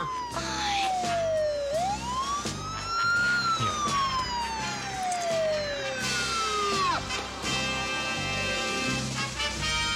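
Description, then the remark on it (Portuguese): The siren of an approaching police car wails loudly in long rising and falling sweeps, its pitch gliding smoothly up and down over a steady low rumbling background. “Pai, a polícia vem aí.”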